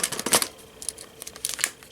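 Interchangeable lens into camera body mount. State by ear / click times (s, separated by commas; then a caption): seated / 1.6 s. An interchangeable lens is mounted onto the bayonet mount of a film camera body, with crinkly rustling and sharp small ticks as it is handled and turned. The lens clicks into place at 1.6 s and is seated.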